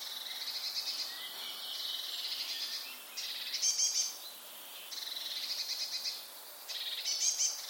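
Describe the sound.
Common starling calls: dense buzzy, rattling chatter in high bursts, several phrases with short pauses between them.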